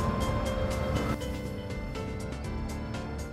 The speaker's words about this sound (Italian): Quello che avete ascoltato è un test drive di un'auto elettrica.